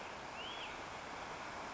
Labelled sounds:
Hutton's Vireo (Vireo huttoni)
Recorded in Sonoma County, California

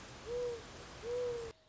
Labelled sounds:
Mourning Dove (Zenaida macroura)
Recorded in Sonoma County, California

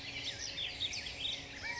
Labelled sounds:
California Quail (Callipepla californica)
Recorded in Sonoma County, California

